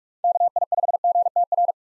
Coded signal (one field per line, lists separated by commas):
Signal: Morse code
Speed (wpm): 46 wpm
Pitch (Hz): 700 Hz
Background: none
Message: KI5GTR